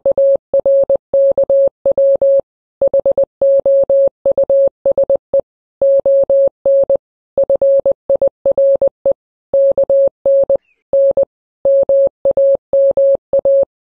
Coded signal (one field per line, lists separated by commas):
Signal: Morse code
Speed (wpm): 20 wpm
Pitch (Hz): 550 Hz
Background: none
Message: AR KW HOUSE ON FIRE KN N MAMA